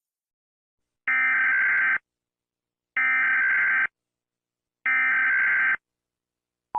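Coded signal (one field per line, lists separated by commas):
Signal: Emergency Alert System (SAME) tones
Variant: header bursts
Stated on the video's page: Fictional EAS scenario.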